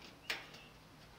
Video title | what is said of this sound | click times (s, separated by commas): How To Install Whirlpool Washer Lid Switch, Appliance Repair Orlando, 407-385-3662 | you put the one in there click it down into place | 0.3 s